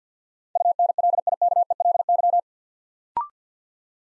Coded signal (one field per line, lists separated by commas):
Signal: Morse code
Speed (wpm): 48 wpm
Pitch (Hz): 700 Hz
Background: none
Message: UNLIKELY